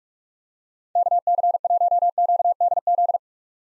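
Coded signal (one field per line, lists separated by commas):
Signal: Morse code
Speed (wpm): 46 wpm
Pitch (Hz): 700 Hz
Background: none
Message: KC1QDZ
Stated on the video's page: Morse practice at 45wpm sending common POTA hunter callsigns, each sent, spoken, then sent again.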